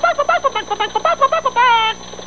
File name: chicken